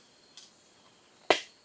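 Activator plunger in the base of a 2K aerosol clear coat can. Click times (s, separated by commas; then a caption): 1.3 s. The activator plunger in the base of a two-part urethane (2K) aerosol clear coat can is pressed in with the supplied cap to release the hardener. A faint tick at 0.4 s is followed by a sharp, loud snap at 1.3 s as the plunger snaps into place, confirming the activator is seated.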